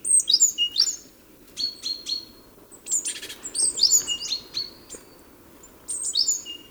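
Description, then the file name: Great tit calling: quick bright chirps falling in pitch, strung in groups, with one brief rasping buzz near the middle. "Parus major"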